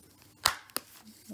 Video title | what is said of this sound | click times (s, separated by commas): How To Clean Filter Of Tzumi IonVac Cordless Handheld Vacuum | now okay there you go did you hear it click back in place | 0.5 s, 0.8 s